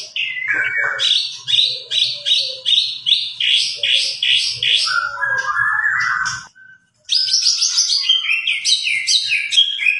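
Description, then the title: White-rumped shama song: loud rhythmic series of repeated high whistled notes, a lower warbled passage, a brief pause, then more rapid high repeated notes. White-rumped shama described as gacor, a bird in full, continuous song; meant to make birds respond. "PANCINGAN MURAI BATU GACOR, LANGSUNG RESPON"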